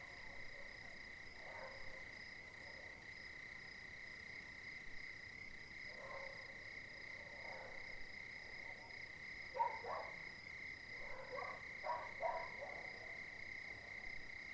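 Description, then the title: Dogs giving scattered barks that cluster into quick runs near the end, while crickets trill continuously in the background. Several dogs barking at night, 02:59, 20 January 2019, Cilaos, quartier des Étangs, Réunion; nearest dog silent, farther dogs and crickets heard; neighbourhood overrun with dogs. "CILAOS quartier des Étangs - 20190120_02h59 chiens pour la nuit"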